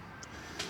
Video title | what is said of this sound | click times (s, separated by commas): I bought a 4th Gen and Immediately Tore it Apart (6.7 Cummins Head Gasket & ARP Studs Install) | And then you're going to end up pushing it just like the injector until you hear it pop in. | 0.6 s